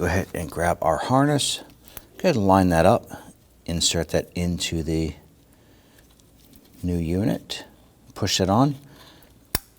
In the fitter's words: So, you should hear and feel the tab lock into place.